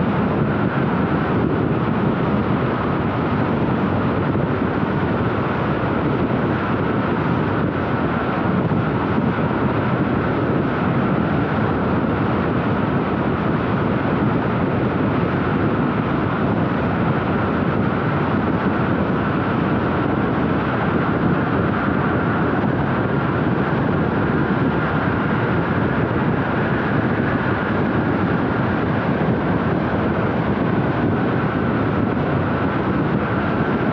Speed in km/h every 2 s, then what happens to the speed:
100, 99, 99, 100, 100, 100, 100, 101, 103, 105, 108, 109, 108, 107, 106, 106, 106.
0-13 steady at about 100. 13-21 speeds up to 109. 21-34 steady at about 106.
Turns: none.